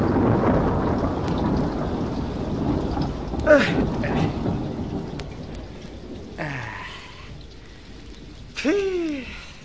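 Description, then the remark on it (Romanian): Steady rain hisses throughout with a low rumbling undertone, broken by a sharp burst midway and a couple of brief sliding, chirp-like tones toward the end. “Și eu mă lungesc sub tine să mă facă ploaia ciuciulitei.”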